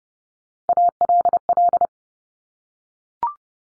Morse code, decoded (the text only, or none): ALL